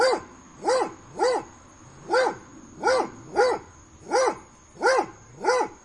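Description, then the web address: Dog giving several loud barks in a fairly steady series, against a faint continuous high whine. Dog barking on a summer day. "aboiement de chien un jour dete"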